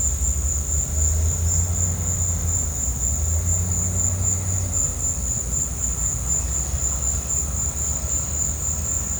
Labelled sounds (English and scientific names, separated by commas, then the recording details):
none
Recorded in pastures near Puerto Asís, Putumayo, Colombia, on 18 December 2024 at 15:00
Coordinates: 0.466, -76.322
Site G040